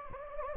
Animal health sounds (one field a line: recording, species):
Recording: mosquito wingbeat signal from an infrared sensor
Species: Anopheles gambiae